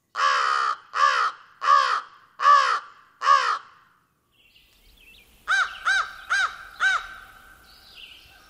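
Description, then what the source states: Crow cawing: five harsh caws in a row, a pause, then four quicker caws. Heard along a trail, halfway down a hill.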